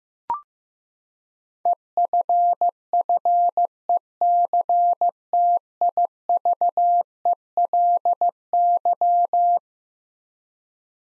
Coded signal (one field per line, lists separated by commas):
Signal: Morse code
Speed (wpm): 15 wpm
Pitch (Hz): 700 Hz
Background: none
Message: EFFECTIVELY